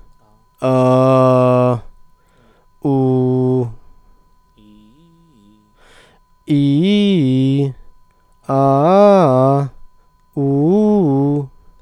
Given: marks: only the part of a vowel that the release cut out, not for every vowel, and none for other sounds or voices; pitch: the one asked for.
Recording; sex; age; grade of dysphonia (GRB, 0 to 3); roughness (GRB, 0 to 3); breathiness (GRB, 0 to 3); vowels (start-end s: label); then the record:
sustained vowels; male; 30 to 39 years; 0; 0; 0
0.70-1.68 s: vowel /a/, low pitch
2.91-3.57 s: vowel /u/, low pitch
6.57-7.59 s: vowel /i/, low-high-low pitch
8.57-9.53 s: vowel /a/, low-high-low pitch
10.44-11.36 s: vowel /u/, low-high-low pitch
From the record:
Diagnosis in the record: healthy voice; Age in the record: 32 years